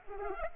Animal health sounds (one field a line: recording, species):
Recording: mosquito wingbeat signal from an infrared sensor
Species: Culex pipiens